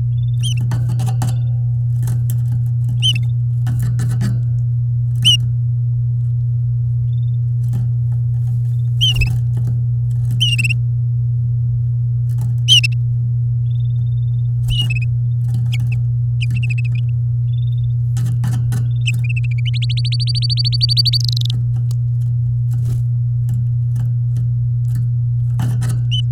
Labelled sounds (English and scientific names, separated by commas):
Domestic Canary (Serinus canaria) song